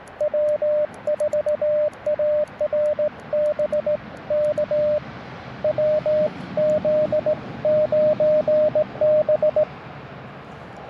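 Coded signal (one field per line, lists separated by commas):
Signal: Morse code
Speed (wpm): 18 wpm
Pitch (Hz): 600 Hz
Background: radio noise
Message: W4ARB K WZ9B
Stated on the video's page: QRP Parks on the Air activation in Tuskegee National Forest, sent with a cootie key from an Elecraft KX2 into a mil whip with loading coil, including a contact with Australia.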